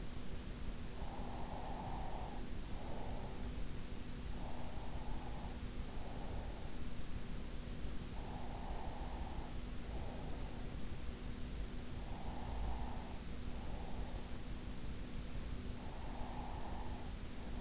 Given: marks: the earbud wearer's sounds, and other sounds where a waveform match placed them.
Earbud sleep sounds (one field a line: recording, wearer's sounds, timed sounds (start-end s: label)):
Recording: sounds in sleep by an in-ear microphone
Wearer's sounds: breath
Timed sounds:
0.61-3.61 s: breath
4.61-6.61 s: breath
7.61-10.61 s: breath
11.61-14.61 s: breath
15.61-17.61 s: breath